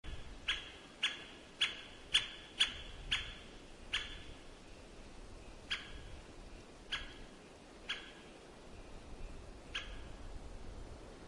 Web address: white backed woodpecker call